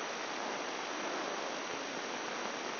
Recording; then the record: brain microelectrode recording played as sound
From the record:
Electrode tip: inside the subthalamic nucleus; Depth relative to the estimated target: 1 mm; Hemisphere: left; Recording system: AlphaMap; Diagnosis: Parkinson's disease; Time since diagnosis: 10 years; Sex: male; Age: 58 years